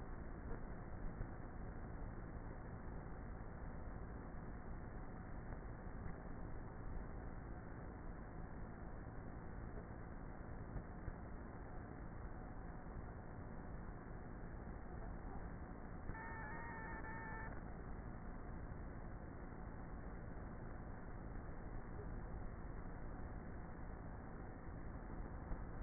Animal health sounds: honeybee colony, microphone inside the hive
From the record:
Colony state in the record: queenless with a low population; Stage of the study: before two queens were removed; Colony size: about 30,000 bees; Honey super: no

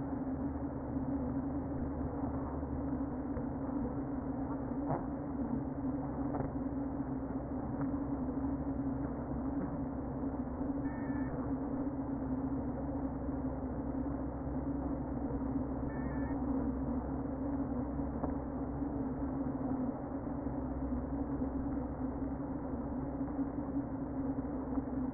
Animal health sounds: honeybee colony, microphone inside the hive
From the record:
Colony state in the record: queen present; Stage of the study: before two queens were removed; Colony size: about 60,000 bees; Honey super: yes

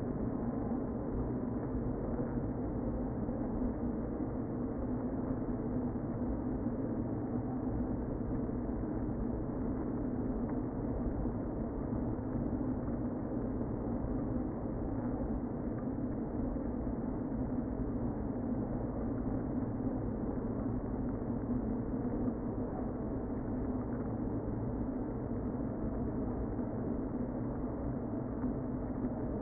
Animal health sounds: honeybee colony, microphone inside the hive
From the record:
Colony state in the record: queen present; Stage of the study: before two queens were removed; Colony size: about 60,000 bees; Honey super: yes

